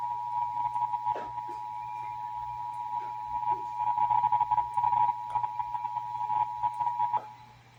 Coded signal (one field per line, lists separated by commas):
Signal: Emergency Alert System (SAME) tones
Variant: 853 and 960 Hz attention tone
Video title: (EAS #941-949) October 2025 Texas Required Monthly Test